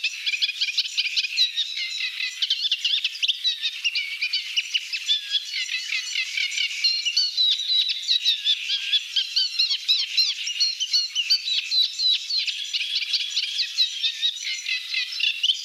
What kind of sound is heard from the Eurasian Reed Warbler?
song